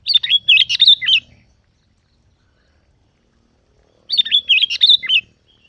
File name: Tieng chao mao dit vang